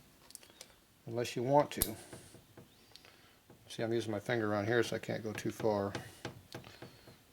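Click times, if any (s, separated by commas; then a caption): 6.2 s. A small part is pressed by finger or thumb into the engine case of a 1992 80ci Harley Evo motor being rebuilt, taking care not to push it too far. Someone talks throughout, with faint taps around the speech. The part pops into place with a short click at 6.3 seconds.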